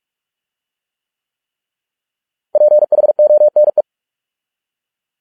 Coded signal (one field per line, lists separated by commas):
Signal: Morse code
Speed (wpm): 46 wpm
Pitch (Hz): 600 Hz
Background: none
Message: PHONE